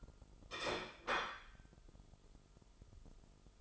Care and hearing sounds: daily activity, microphone in the room; place plate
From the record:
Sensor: 5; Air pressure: 988.7 hPa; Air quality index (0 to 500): 237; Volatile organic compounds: 204 ppm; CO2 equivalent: 4225 ppm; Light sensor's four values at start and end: 40/124/48/51 and 40/124/48/51

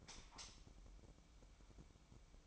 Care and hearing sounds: daily activity, microphone in the room; light off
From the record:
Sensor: 1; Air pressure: 1008.0 hPa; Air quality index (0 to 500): 126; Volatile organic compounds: 2 ppm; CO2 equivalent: 1062 ppm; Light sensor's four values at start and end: 14/39/15/17 and 10/23/9/10

